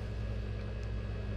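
The plastic shell halves of a 2011 Ford Escape 3-button remote head key fob are handled as they are brought together over the battery compartment after a battery change, with the rubber seal in place. Only a steady low hum with faint hiss is heard, with no distinct snap. Nothing has seated or clicked yet.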